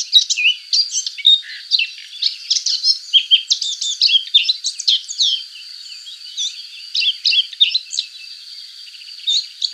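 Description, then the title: Subalpine warbler, a scratchy high-pitched twittering song in quick bursts, fading into scattered notes and a quieter stretch before resuming. "Sylvain Jaskowiak - Mes piafs. Fauvette passerinette"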